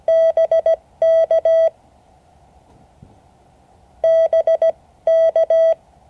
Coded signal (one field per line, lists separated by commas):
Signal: Morse code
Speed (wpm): 17 wpm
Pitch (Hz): 650 Hz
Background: none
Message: BK BK